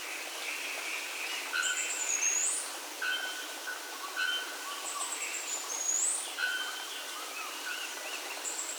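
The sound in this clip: Birds calling: a high sliding whistle repeats every few seconds, alongside steady mid-pitched tones and short notes, over constant hiss.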